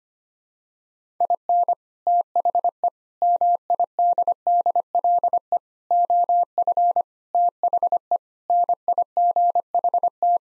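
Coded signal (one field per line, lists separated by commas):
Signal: Morse code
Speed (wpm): 25 wpm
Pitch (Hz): 700 Hz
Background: none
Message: IN THE MIDDLE OF THE NIGHT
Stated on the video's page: Sets of seven common English words sent in Morse at 25 wpm, repeated after speaking; head-copy drill.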